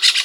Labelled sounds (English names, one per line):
Brown-throated Parakeet contact call